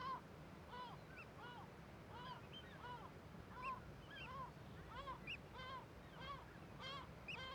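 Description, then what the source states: Gull alarm calls from many birds, harsh arched yelps overlapping in a busy chorus with some higher clipped notes, over a low steady rumble. Gulls in a huge cliff cirque colony above Viðarlundin forest, Kunoy, Faroe Islands, on alert as the recordist keeps his distance; quadraphonic recording, MixPre6II with DPA 4021 and 4022 microphones.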